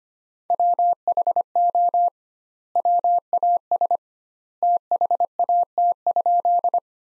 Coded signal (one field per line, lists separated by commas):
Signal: Morse code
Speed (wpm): 25 wpm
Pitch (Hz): 700 Hz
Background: none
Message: WHO WAS THAT?